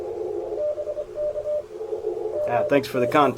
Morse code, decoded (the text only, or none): BK GM